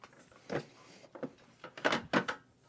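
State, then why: Not seated. A plastic drip tray is being pushed and worked back into the base of an espresso machine, where it must sit fully in to catch the water released when the machine depressurizes. Scraping and knocking handling sounds build to louder clacks around 1.9 s and 2.2 s, but nothing has seated or clicked into place yet.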